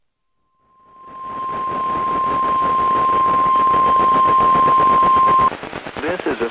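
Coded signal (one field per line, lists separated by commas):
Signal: Emergency Alert System (SAME) tones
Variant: 1050 Hz attention tone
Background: speech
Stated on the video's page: Flood and winter storm warnings from the Sterling, Virginia office, heard on NOAA Weather Radio stations KHB36, WXM42 and KEC83.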